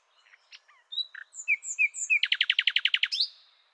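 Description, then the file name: Common nightingale singing: soft scattered notes, clear whistled slurs, then a rapid run of repeated notes ending in an upward flourish. "Luscinia megarhynchos"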